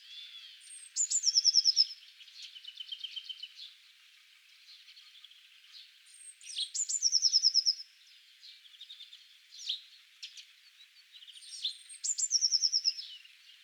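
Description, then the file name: Eurasian blue tit singing a high thin note that drops into a rapid ringing trill, repeated three times, with quieter twittering notes in between. "Cyanistes caeruleus"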